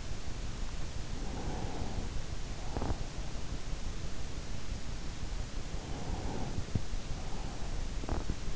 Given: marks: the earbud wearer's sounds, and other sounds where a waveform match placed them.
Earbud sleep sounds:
sounds in sleep by an in-ear microphone; breath, teeth grinding
1.19-3.53 s: breath
2.56-3.53 s: teeth grinding
5.31-8.56 s: breath
7.88-8.56 s: teeth grinding

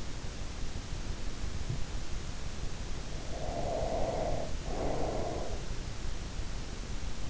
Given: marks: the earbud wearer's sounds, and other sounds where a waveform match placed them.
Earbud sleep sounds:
sounds in sleep by an in-ear microphone; breath
3.21-5.60 s: breath

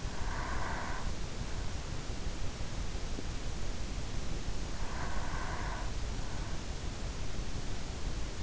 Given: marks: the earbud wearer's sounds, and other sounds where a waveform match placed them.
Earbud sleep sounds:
sounds in sleep by an in-ear microphone; breath
0.00-1.51 s: breath
4.61-6.86 s: breath

